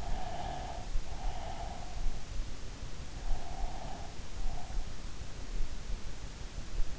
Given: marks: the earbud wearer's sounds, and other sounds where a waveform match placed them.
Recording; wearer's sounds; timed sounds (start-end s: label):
sounds in sleep by an in-ear microphone; breath
0.00-2.19 s: breath
3.42-4.98 s: breath